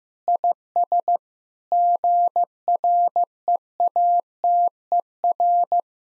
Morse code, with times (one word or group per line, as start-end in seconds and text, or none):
0.3-1.2 IS
1.7-5.8 GREATER